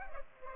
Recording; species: mosquito wingbeat signal from an infrared sensor; Culex pipiens